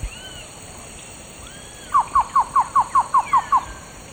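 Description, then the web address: Cocha antshrike song, a run of several hollow, slightly downslurred notes at a steady pace, preceded by faint soft arched whistles. South America, eastern lowlands. "Natures Songs S America Eastern Lowlands. Cocha Antshrike"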